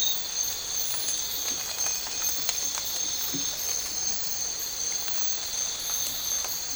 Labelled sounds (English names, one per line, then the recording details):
none
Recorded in dense forest near Puerto Asís, Putumayo, Colombia, on 9 March 2025 at 04:30
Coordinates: 0.467, -76.328
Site G041